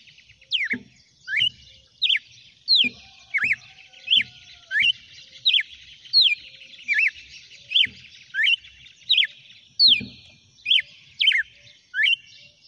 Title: Canto Galo Campina Fêmea. GALO DE CAMPINA NO CANTO AÇOITE